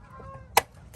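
A pre-opened spring band clamp on a rubber heater hose at the heater control valve of a Toyota 3.4L 5VZ-FE V6 is positioned with needle nose pliers, and its retaining tab is pulled off. The clamp snaps shut on the hose over the fitting with one sharp, loud snap at 0.6 s, seating it in place.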